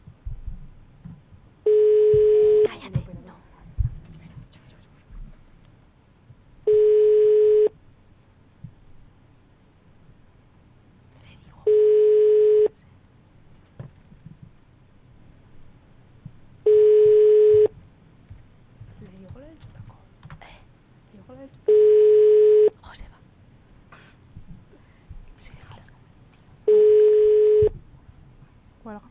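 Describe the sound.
A telephone ringback tone repeats unanswered, six steady mid-pitched beeps of about a second each, spaced evenly several seconds apart over a low rustling background with faint murmuring voices.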